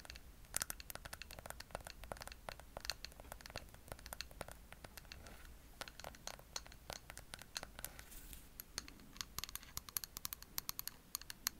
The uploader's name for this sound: ASMR Tapping